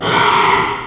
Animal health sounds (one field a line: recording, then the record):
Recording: squeal of a Yucatan mini pig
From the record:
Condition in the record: after surgery on the right vocal fold (resection and tissue-engineered implant)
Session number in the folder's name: 1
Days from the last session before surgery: 6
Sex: male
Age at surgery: 12 weeks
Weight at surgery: 13 kg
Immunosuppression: cyclosporine, prednisolone